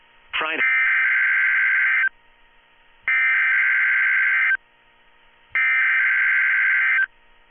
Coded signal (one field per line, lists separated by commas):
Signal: Emergency Alert System (SAME) tones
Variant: header bursts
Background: speech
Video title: Your average NWR Weekly Tests (EAS #1117-#1128)